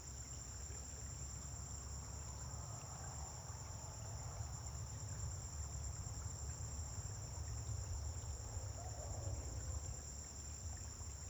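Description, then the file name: Cricket chorus keeps up a continuous high-pitched trill, with a low drone of traffic in the background. Crickets recorded at dawn on a farm, with vehicles passing on a distant road. "Amanhecer na fazenda com grilos veiculos passando em estrada longe"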